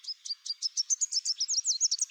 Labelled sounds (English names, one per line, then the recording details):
Chestnut-capped Warbler song
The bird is a male
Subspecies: delattrii
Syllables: 15
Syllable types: 11
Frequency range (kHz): 3.7-8.3 kHz
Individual CR-RBS-M